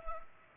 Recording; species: mosquito wingbeat signal from an infrared sensor; Culex pipiens